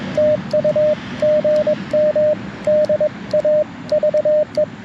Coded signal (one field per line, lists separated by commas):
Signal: Morse code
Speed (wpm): 21 wpm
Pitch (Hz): 590 Hz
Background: radio noise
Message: TU GM DAVE